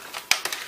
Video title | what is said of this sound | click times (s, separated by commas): Laptop screen replacement / How to replace laptop screen ACER 5742-6838 | snapping in what you can you'll hear the clicks | 0.3 s